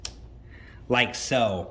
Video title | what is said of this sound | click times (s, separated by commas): Ethernet Port Smaller Than RJ45 Ethernet Cable - How To Connect | And then we'll put the Ethernet cable in all the way until it clicks into place. Like | 0.1 s